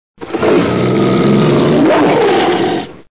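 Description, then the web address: Dog growling in one continuous rough, throaty rumble lasting about three seconds, with wavering tone and no other sounds. "Pipeline Halfpipe. dog growl"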